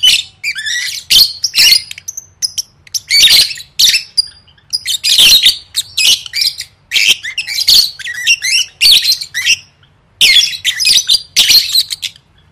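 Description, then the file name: Lovebird chatter, long runs of high, grating squeaks and screechy notes, broken by brief pauses. "tieng vet mau don"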